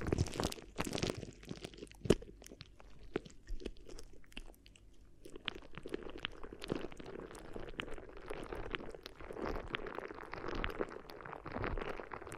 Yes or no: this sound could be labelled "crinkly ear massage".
yes